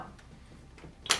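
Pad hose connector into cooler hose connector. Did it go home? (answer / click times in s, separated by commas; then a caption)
yes / 1.1 s. The hose connector from the pad of an Omni Ice Pulse compression cold therapy unit is lined up by its notch and pushed into the plastic hose connector on the cooler. Two faint soft ticks at about 0.2 s and 0.8 s come before a sharp, bright click at 1.1 s, when the connector seats securely.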